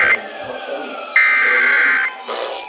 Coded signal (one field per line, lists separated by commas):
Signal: Emergency Alert System (SAME) tones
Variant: header bursts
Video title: EAS #766 - #771 FFW for SGX Flash Flood Warning